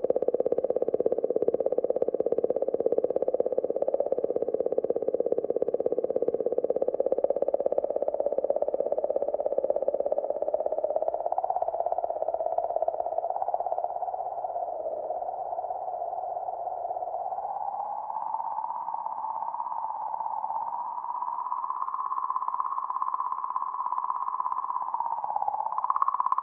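Comet 67P/Churyumov-Gerasimenko's song sounds like a steady, humming tone that slowly wavers and rises in pitch over the clip, with fainter echoing tones stacked above it. A low rumble sits underneath early on, thinning after about halfway, and loudness stays nearly constant throughout.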